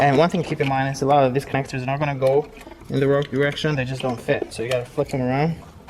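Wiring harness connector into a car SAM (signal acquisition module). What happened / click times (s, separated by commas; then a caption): Connector handled, not yet clicked in / none. A plastic wiring harness connector is handled and turned the right way round to be pushed into the socket of a Mercedes SAM (signal acquisition module) unit, since the connectors will not fit in the wrong direction. Someone talks throughout. The clip ends before the part goes home; nothing has seated or clicked yet.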